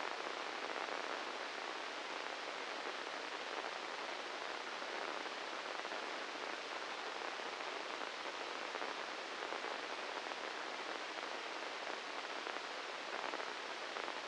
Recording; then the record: brain microelectrode recording played as sound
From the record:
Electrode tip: inside the subthalamic nucleus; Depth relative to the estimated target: -3 mm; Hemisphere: left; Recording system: NeuroSet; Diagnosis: Parkinson's disease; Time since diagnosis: 10 years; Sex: male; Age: 56 years